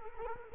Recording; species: mosquito wingbeat signal from an infrared sensor; Culex quinquefasciatus